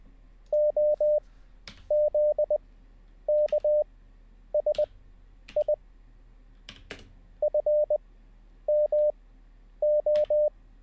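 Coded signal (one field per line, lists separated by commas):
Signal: Morse code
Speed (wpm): 20 wpm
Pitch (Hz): 600 Hz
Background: none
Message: OZKSI FMO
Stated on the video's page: Morse code practice during a live-streamed daily learning session.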